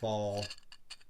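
With the gun disassembled, a pistol barrel is slid into the slide and let fall so it will lock up, while someone talks. The speech gives way to a few short, quiet metallic taps, the sharpest near 0.9 s. The barrel is still being handled and has not yet seated or locked into place.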